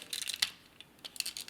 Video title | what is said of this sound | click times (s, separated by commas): MP-35 Masterpiece Grapple - Review | and kind of have it so this pushes in locks into place | 0.4 s